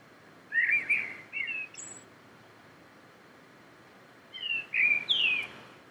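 Common blackbird song: two warbling whistled phrases with thin high squeaks at their ends, heard over a faint, steady background hiss.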